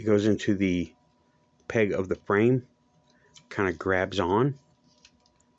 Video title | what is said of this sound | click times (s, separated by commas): World Peacekeepers Sci-Fi! Surprisingly GOOD! | there's no click on this one there's | none